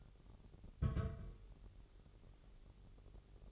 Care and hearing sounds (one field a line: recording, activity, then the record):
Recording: daily activity, microphone in the room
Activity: place on stove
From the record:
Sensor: 4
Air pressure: 989.1 hPa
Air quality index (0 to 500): 210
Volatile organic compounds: 59 ppm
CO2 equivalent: 3406 ppm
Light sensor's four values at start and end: 29/98/36/38 and 29/98/36/38